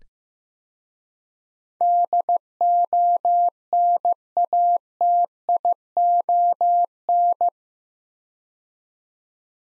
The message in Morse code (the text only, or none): DONATION